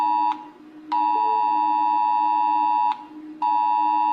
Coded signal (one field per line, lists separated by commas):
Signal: Emergency Alert System (SAME) tones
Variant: 853 and 960 Hz attention tone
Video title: Rating Eas alarms